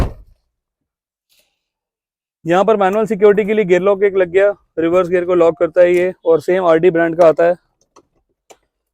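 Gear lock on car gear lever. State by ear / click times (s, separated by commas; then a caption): seated / 8.5 s. A mechanical reverse gear lock fitted on the gear lever of a 2023 Creta is engaged for manual security. Someone talks from about 2.4 to 7.5 s, then a few faint taps follow. The lock clicks into place at 8.5 s.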